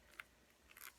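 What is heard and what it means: A plastic roller-ball insert is pushed down into the neck of a glass essential-oil roller bottle by pressing on the cap, then the cap is tightened. A sharp click at 0.2 s is followed by softer crunchy clicks around 0.7–0.9 s. The roller ball, which had not sealed all the way at first, is now seated and sealed.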